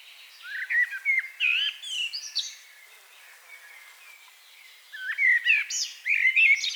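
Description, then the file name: Common blackbird singing two phrases of whistled notes mixed with thin high squeaky notes, separated by a quiet gap of about two seconds. "Turdus merula"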